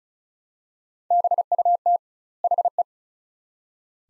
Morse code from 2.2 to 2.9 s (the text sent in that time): HE